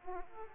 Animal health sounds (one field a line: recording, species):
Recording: mosquito wingbeat signal from an infrared sensor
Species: Aedes aegypti